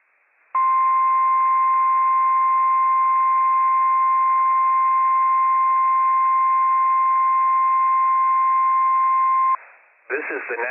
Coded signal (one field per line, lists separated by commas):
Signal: Emergency Alert System (SAME) tones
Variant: 1050 Hz attention tone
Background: speech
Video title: NWS Pendleton RWT - WWF56 - EAS #255 - 10:43 AM PDT 8/17/22